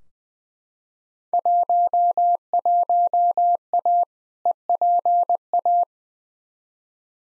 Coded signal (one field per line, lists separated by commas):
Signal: Morse code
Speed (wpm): 20 wpm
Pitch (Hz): 700 Hz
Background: none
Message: 11A EPA